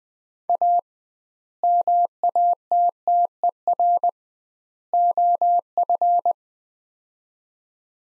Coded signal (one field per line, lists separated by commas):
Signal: Morse code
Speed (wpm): 20 wpm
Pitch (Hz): 700 Hz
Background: none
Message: A MATTER OF